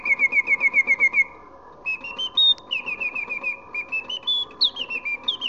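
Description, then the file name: Hummingbird chirps: rapid repeated whistled notes, then a looser run of falling and rising whistles, with a steady hum underneath. Hummingbirds in a glass dome. "kolibris glasdom"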